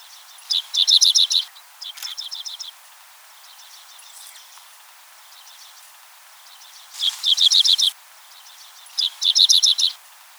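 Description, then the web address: Dickcissel giving rapid, buzzy chattering bursts of high repeated notes, each burst lasting about a second, with quieter pauses between bursts. Recorded on 4 January 2007. "Dickcissel 2007 01 04"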